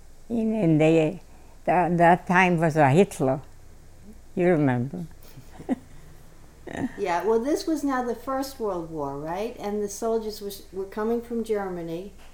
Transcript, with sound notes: and they, at that time was Hitler. You remember. ( she laughs )
Yeah. Well, this was now the First World War, right? And the soldiers were still coming from Germany,